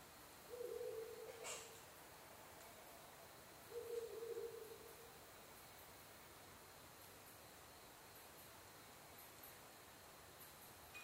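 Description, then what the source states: Ural Owl hooting, two drawn-out low hoots about three seconds apart, then only quiet hiss with occasional faint high clicks. Recorded 23 October 2011 at 17:20.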